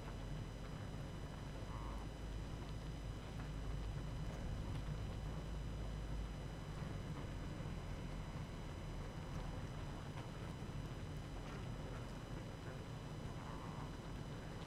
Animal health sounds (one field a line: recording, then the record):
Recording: honeybee colony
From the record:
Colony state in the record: active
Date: 12 June 2018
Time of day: 19:48